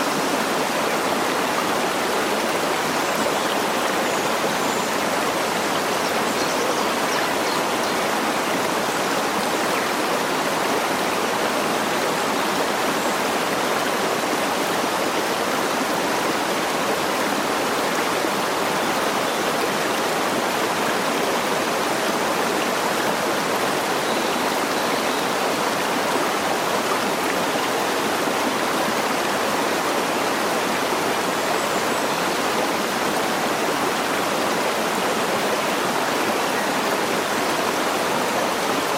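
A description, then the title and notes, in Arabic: Water rushes steadily and densely throughout, like a stream or small waterfall, with a bright hiss running from low up to the highest tones. The sound stays even for the whole length, with no clear pauses. A few faint high chirps surface briefly, possibly birds. الاستحمام في الغابة عند الفجر | تأمل مع بحيرة وأغاني الطيور. تقع كوخنا الدافئ في قلب الغابات الخضراء، بجانب بحيرة هادئة، حيث يوفر الهمس اللطيف للمياه وصوت شلال بعيد، مع الهمس الناعم للأشجار. تم تسجيل هذه الحلقة بعد شروق الشمس مباشرة، حيث تمزج بين صياح الطيور المبكر وهمسات الطبيعة وهي تستيقظ للحياة.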